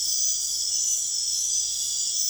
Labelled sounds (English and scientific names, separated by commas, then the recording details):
none
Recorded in secondary vegetation near Puerto Asís, Putumayo, Colombia, on 25 June 2025
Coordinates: 0.488, -76.319
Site G094